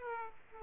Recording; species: mosquito wingbeat signal from an infrared sensor; Aedes aegypti